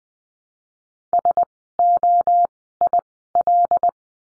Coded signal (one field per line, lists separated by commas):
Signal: Morse code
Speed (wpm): 20 wpm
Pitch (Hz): 700 Hz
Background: none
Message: SOIL